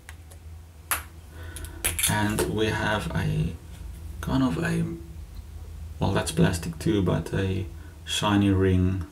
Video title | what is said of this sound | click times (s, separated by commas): Faber Castell Loom review | very satisfying click | 0.9 s, 1.9 s